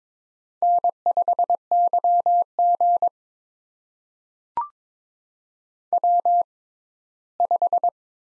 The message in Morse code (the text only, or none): N5YG W5